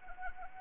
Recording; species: mosquito wingbeat signal from an infrared sensor; Anopheles arabiensis